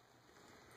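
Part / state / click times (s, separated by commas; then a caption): plastic base stand tab into phone bottom slot / not seated / none. The plastic base stand tab is angled into the bottom slot of a Polycom 450 desk phone and pushed in, with the cables kept clear. Only a steady, soft broadband rustle is heard, growing slightly louder after about 0.3 seconds, with no sharp clicks. Nothing has snapped or seated into place yet.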